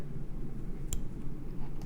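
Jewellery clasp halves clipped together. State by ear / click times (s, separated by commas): seated / 0.9 s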